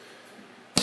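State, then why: Seated. A phone in its holster is pushed into the stock belt clip that is fixed to a motorcycle as a phone mount. After a quiet stretch, a single sharp plastic snap at 0.8 s shows the holster snapping fully into the mount.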